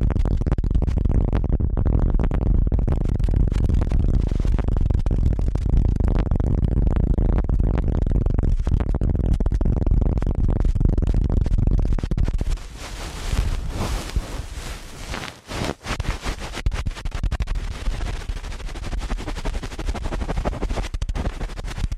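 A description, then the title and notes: Ear cleaning at helicopter speed: rapid, dense scratching and crackling, low and heavy at first, turning brighter and hissier after twelve seconds. ASMR Ear Cleaning at Helicopter Speed.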